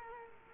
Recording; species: mosquito wingbeat signal from an infrared sensor; Culex quinquefasciatus